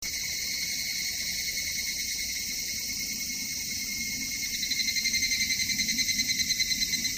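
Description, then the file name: Evening cicada song, a continuous shrill ringing that breaks into clearly pulsed, rhythmic beats during the last few seconds. "higurashi"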